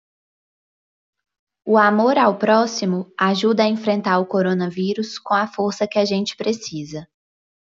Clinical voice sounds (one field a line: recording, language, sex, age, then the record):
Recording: spoken sentence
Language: Brazilian Portuguese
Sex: female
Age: 30 to 39 years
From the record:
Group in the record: control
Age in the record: 31 years